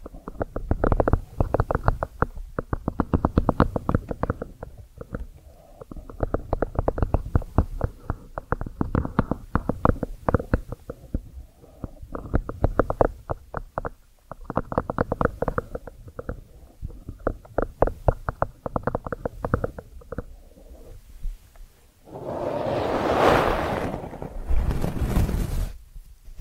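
Ear cleaning triggers: dense runs of quick, crackly taps and scratches, rapid and fairly regular, with brief pauses around 6, 11, 14 and 20 seconds. Near 22 seconds the clicking gives way to a louder, smoother rushing rub that swells and fades twice.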